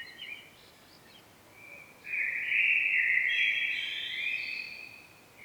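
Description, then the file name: Common blackbird: faint soft notes at first, then one loud, sustained warbling phrase of about three seconds with thin high overtones. "Turdus merula"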